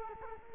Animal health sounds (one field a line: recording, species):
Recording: mosquito wingbeat signal from an infrared sensor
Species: Culex quinquefasciatus